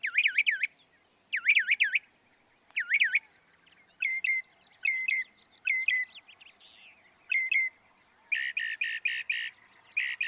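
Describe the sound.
Northern mockingbird singing looping, wavy whistles three times, then several clipped notes, ending with a loud rapid pulsing series.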